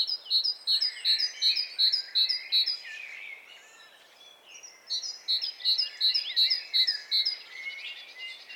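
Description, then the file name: Great tit song of clear, evenly spaced double notes in two bouts separated by a short gap of mixed bird twitter. "Parus major"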